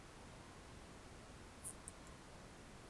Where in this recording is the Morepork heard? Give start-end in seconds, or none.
0.28-0.74, 1.37-2.22